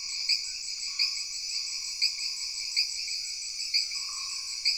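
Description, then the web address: Chorus of insects buzzes steadily at high pitch, punctuated by accented pulses and faint lower tones. Jungle background ambience. "Sony Pictures Sound Effects Series Backgrounds Jungle Insects With Frogs"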